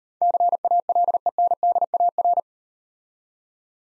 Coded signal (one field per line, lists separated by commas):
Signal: Morse code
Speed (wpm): 38 wpm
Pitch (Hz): 700 Hz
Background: none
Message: CALENDAR